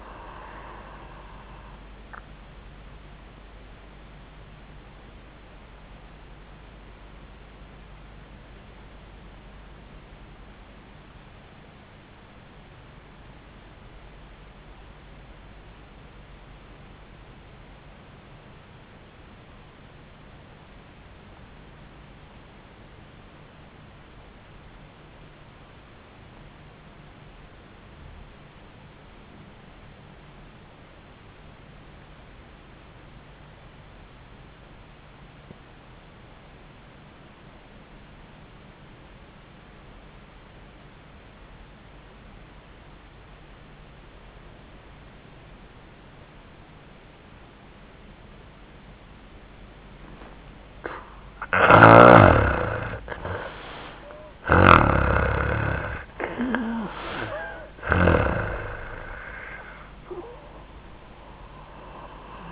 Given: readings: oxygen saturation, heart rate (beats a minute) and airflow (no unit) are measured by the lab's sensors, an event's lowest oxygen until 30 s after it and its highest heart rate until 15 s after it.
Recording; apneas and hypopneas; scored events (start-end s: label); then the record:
breathing in sleep by a voice recorder at the bedside; 1
10.00-50.40 s: obstructive apnea (N1, oxygen 98% highest, then 78% lowest, heart rate 75 at the start, 85 highest)
23.00-53.00 s: new sleep stage, REM sleep
53.00-62.52 s: new sleep stage, N1 (lightest sleep)
From the record:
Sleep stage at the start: N1 (lightest sleep); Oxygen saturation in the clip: 82 to 98%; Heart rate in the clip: 65 to 85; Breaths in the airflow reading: 7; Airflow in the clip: -5.6 to 3.1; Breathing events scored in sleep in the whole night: 400 in 8.7 hours asleep